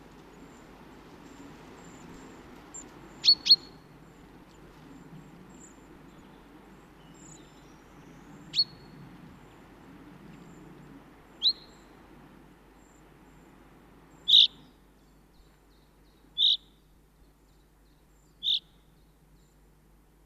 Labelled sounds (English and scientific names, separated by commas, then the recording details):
Common Chaffinch (Fringilla coelebs)
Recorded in the wild
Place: Kaiserslautern, Rheinland-Pfalz, DE
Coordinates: 49.4358, 7.8376
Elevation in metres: 292
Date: 1977-03-15
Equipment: Nagra IV, Sennheiser MKH 405, Parabolreflektor
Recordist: Tretzel, Erwin